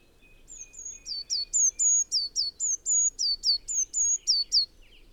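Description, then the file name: Eurasian blue tit calling in a fast run of high, piercing notes that slide downward, repeated about four times a second for several seconds, over faint steady background noise. "Cyanistes caeruleus"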